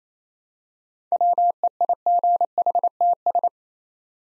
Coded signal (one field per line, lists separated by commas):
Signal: Morse code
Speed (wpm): 27 wpm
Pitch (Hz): 700 Hz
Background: none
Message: WEIGHTS